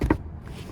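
In a 2023 Audi S7 Prestige S Sport interior, the rear seatback release latch is pulled, giving a soft low knock and then a sharp click at 0.1 s, followed by quiet background. The latch releases so the rear seat can fold flat.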